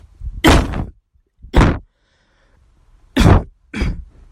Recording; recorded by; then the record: voluntary cough; messaging app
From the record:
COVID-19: negative